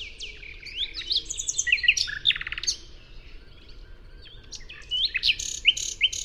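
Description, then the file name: Common nightingale song of varied sharp whistles and quick slurred notes with a short buzzy trill, a brief lull, then another run of bright chirps. "Luscinia megarhynchos"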